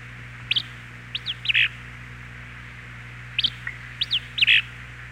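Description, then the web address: Acadian flycatcher singing two short phrases of quick high notes, each ending in an explosive burst, about three seconds apart, with a low steady hum beneath. "peterchen. 101 Bird Songs. Acadian Flycatcher"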